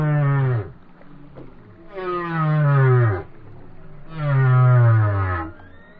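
Whale song: three long, low, harmonic moans that slide downward at the end, spaced about two seconds apart.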